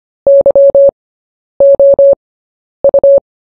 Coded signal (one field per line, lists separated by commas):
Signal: Morse code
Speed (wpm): 25 wpm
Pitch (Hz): 560 Hz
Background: none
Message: YOU